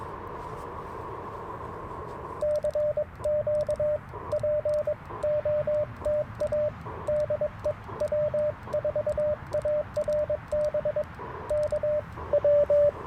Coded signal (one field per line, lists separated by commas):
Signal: Morse code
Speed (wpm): 22 wpm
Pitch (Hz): 600 Hz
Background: radio noise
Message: CQ POTA DE W4ARB K W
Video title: Morning Morse Code - 12/12/2024